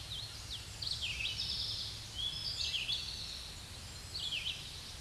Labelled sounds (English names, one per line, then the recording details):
Red-eyed Vireo song
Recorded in a Pennsylvania forest on 16 May 2024 at 07:45
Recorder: AudioMoth, point MSD-1338
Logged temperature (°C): 12.6 °C
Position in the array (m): 143 m, 43 m